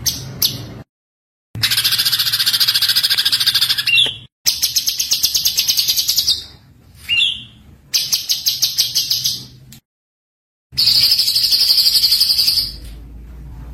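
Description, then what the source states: White-eye singing a long, high, fast-pulsed twittering stream, some passages ending in a short down-slurred note, with sudden breaks between passages. Masteran tutor recording of white-eye song, gacor (continuous singing), full tembakan.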